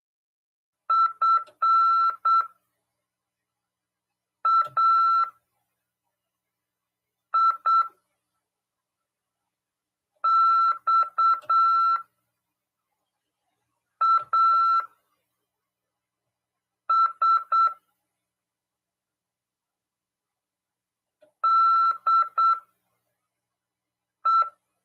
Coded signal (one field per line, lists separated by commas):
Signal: Morse code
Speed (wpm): 8 wpm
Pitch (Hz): 1340 Hz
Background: none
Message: FAIXAS DE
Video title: RADIOAMADOR 18/11/2022 "AULA 33: CW, LEGISLAÇÃO e C.RODADA" FM 146.410 Mhz. PY2EXU PAULO CRASP/RAF.